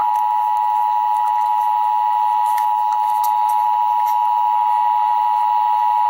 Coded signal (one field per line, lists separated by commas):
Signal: Emergency Alert System (SAME) tones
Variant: 853 and 960 Hz attention tone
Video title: Emergency Alert System - Heat Advisory - Jun 28, 2026 at 1:01 PM EDT